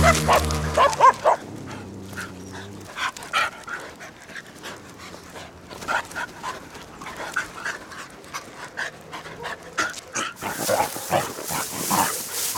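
A dog pants at ground level in a neighbourhood, quick rhythmic breaths running through the whole walk. Near the start a low engine-like hum and rumble pass, and around ten seconds a burst of bright rustling hiss rises and stays.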